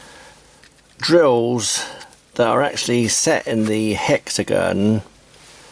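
A hex-shank drill bit is handled at the quick-release chuck of a MOHOO 3.6V USB cordless screwdriver, where it is meant to lock in place so it cannot pull out. Someone talks through most of the clip, with a faint brief sound near 0.6 s. The clip ends before the bit goes home, and nothing has seated or clicked yet.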